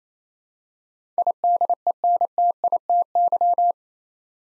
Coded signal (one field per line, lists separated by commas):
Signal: Morse code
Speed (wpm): 29 wpm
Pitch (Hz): 700 Hz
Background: none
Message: IDENTITY